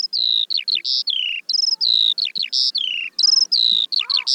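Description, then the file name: Eurasian skylark song: rapid high warbling of descending whistles, quick trills and chirps strung together without a break. "veldleeuwerik"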